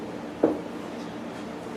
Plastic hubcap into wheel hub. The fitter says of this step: in the hubcaps and the hubcap slides into the in the wheel and just snaps in place